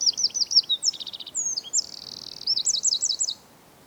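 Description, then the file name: Eurasian wren song, fast and piercing, with repeated chips, a dry rattle, a smooth trill and a final run of quick looping notes, ending abruptly. "Troglodytes troglodytes"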